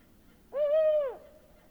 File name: Mahgreb Wood Owl Compound Hooting Of Male Presumed Distance Calls Of Another Individual